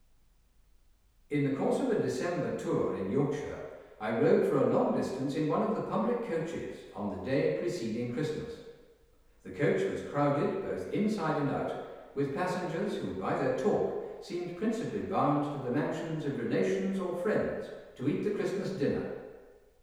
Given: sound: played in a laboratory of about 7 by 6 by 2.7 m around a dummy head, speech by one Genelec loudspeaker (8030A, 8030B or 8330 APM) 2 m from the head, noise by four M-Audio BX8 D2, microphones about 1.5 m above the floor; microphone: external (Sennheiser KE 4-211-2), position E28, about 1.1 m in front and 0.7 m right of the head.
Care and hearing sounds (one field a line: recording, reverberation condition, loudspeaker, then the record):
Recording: male speech in English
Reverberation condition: high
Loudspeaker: 90 degrees to the left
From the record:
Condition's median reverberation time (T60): about 1300 ms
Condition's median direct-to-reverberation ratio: about -4.0 dB